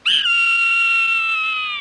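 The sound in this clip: Hawk call: one drawn-out, clear, high scream held steady for nearly two seconds, easing slightly lower and fading at the end.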